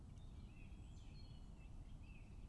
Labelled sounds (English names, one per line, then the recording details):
Song Thrush
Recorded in Germany
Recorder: ecoPi